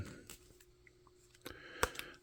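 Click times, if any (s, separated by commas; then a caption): 1.8 s. A plastic hand is pressed onto the wrist peg of an action figure and takes some effort to go on. Faint handling rustles and small plastic ticks lead to a sharp snap at 1.8 seconds as the hand pops into place, followed by a lighter tick.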